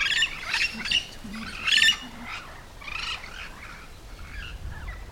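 Yellow-shouldered parrot loud grating squawks in two strong bursts, followed by softer scattered calls.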